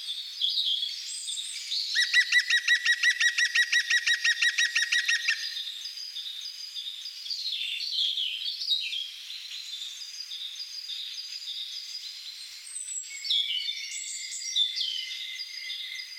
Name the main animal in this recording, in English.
European Green Woodpecker